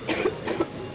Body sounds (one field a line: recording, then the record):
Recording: coughing mixed with background sound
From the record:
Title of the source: 61 morning phlegmy cough...again